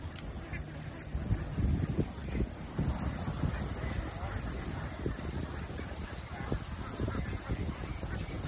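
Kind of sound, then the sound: bird, ducks quacking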